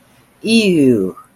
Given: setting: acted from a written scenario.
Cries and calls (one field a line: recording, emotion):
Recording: vocal sound without words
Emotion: disgust